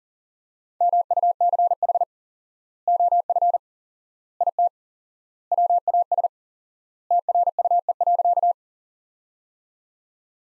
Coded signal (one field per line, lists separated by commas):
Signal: Morse code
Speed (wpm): 37 wpm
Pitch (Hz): 700 Hz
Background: none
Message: MUCH OF IT WAS TRUE.